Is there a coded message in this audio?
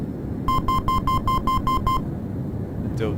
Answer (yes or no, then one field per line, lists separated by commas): no